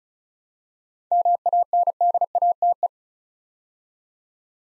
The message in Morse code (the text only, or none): MANDATE